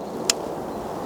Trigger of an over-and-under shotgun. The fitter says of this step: as standard they will shoot bottom barrel first if you push this trigger forward you may be able to hear a little click